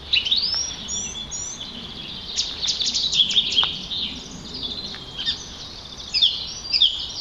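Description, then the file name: Song thrush singing varied high phrases, whistles and scratchy chatters over a steady environmental hiss. "Turdus philomelos - Song Trush"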